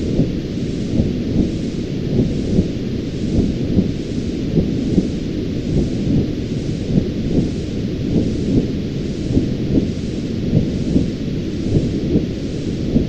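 A womb-like sound: a deep, muffled rumbling whoosh that stays steady and dense for the whole clip. Soft, slow pulsing rises and falls at a regular pace, with small thuds scattered through the low murmur and nothing bright above it.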